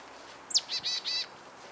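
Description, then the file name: Marsh tit call: one sharp, high downslurred note followed quickly by three short, buzzy, harmonic-rich notes. "Poecile palustris"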